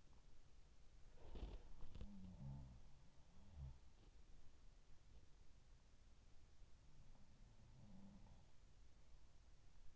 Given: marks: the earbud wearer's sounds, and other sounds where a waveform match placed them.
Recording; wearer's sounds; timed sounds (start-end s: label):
sounds in sleep by an in-ear microphone; body movement
0.00-1.81 s: body movement
2.04-4.22 s: sound from someone else or the room
6.94-8.91 s: sound from someone else or the room